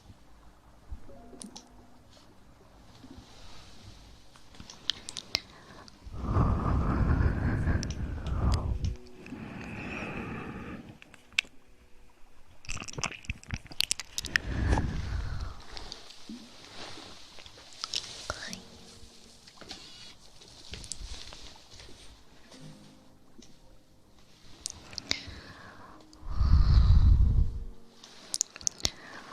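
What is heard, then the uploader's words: Hand sounds and mouth sounds: scattered clicks, rubbing and wet smacking noises recur irregularly against a quiet background. Three louder, longer rushes of low, breathy noise stand out, around 6 to 9 seconds, near 15 seconds and near 27 seconds. ASMR Hand Sounds & Movements, Mouth Sounds.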